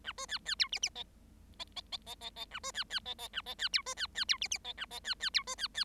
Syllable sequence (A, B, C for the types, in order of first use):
A B C C D E E F F F F F F F A B C C F F A F C D B C C D E E F A F C C D B C C